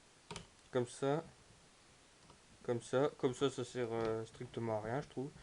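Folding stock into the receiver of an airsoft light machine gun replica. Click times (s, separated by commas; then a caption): 0.3 s, 0.4 s. The folding stock of an airsoft M249 light machine gun replica is pushed toward the rear, rotated and released so it locks into one of its positions on the receiver, engaging when released. Two sharp clicks at 0.3 s and 0.4 s mark the stock seating, and then someone talks.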